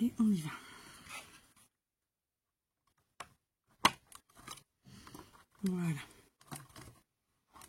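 Someone talks while fitting the plastic/card wall panels of a DIY Christmas lantern kit into the lantern base and into each other, with light handling taps and rustles, including a sharp tap around 3.9 s. The panels are still being handled, and nothing has seated or clicked yet.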